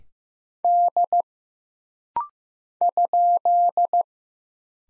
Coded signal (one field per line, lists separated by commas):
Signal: Morse code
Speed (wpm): 15 wpm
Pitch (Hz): 700 Hz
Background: none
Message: D ?